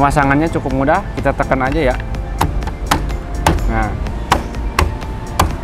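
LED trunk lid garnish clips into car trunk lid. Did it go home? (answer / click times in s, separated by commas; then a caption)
yes / 2.4 s, 2.9 s, 3.5 s, 4.3 s, 4.8 s, 5.4 s. An LED trunk lid garnish for a Raize is pressed onto the car's trunk lid by hand, snapping its plastic clips in one after another. Someone talks at first over background music, then six sharp clicks land at 2.4, 2.9, 3.5, 4.3, 4.8 and 5.4 seconds. Once all the clips have clicked, the garnish is installed.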